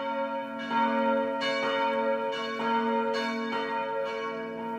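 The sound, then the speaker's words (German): Church bells peal steadily for the homecoming of prisoners of war in the late 1940s, overlapping strikes ringing out in a repeating rhythm with rich sustained tones and lingering hum, no voices present. “Der Vater kam aus der Kriegsgefangenschaft nach Hause und die Kinder wurden aus der Schule geholt und die Glocken läuteten, also zur Heimkehr Kriegsgefangenen.”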